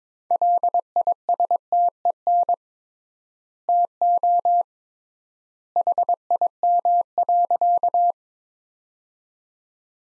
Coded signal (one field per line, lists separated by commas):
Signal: Morse code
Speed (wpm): 22 wpm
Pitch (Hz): 700 Hz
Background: none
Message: LISTEN TO HIM.